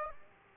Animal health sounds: mosquito wingbeat signal from an infrared sensor; Aedes aegypti

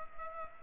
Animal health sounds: mosquito wingbeat signal from an infrared sensor; Culex pipiens

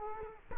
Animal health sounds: mosquito wingbeat signal from an infrared sensor; Culex quinquefasciatus

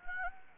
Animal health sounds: mosquito wingbeat signal from an infrared sensor; Anopheles gambiae

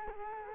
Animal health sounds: mosquito wingbeat signal from an infrared sensor; Culex quinquefasciatus

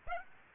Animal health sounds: mosquito wingbeat signal from an infrared sensor; Aedes aegypti

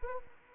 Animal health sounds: mosquito wingbeat signal from an infrared sensor; Anopheles arabiensis

